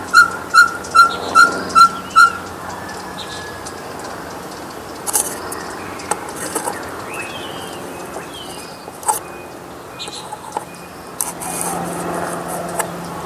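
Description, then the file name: Ferruginous pygmy owl call: a short run of six even, mellow whistled toots at the start, evenly spaced, then scattered fainter sounds. "Glaucidium brasilianum"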